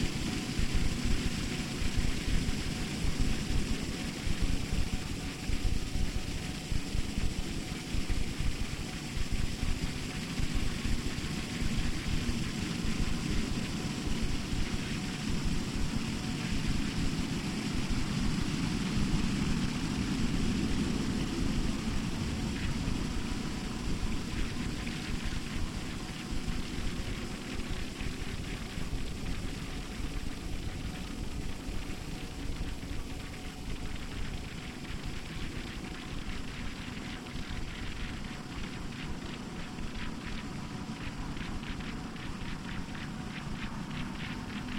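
Processed water-fountain sound forms a dense, steady rushing wash with a low rumble and a faint sustained tone, thinning slightly toward the end.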